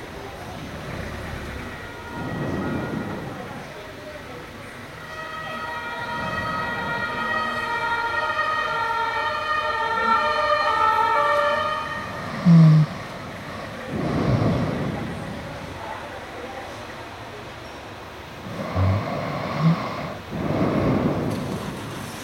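City sounds drift in through an open window: a siren with a steady held tone rises into view from about 5 seconds and fades near 13. Vehicles swell past in low rushes around 2, 14 and 20 seconds, with a few short thumps between.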